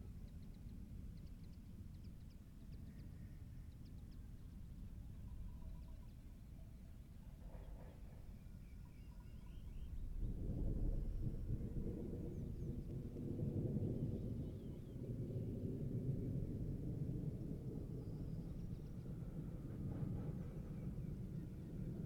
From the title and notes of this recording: Geophony: Summer Thunderstorm - Carroqueiro, Idanha-a-Nova, Portugal. Soundscapes by Filipe Faria, coming from Idanha-a-Nova.